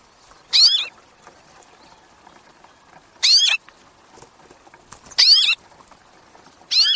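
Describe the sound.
Bird calls, four short high notes at uneven gaps over faint background noise.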